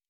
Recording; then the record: hydrophone in a shrimp aquaculture tank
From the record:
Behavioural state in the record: normal